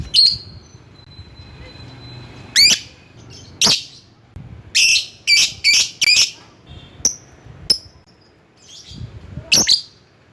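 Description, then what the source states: Lovebird calls: a thin steady whistle, then harsh shrill squawks and a quick run of grating notes, with a few sharp chips near the end. Lovebird calling a rival.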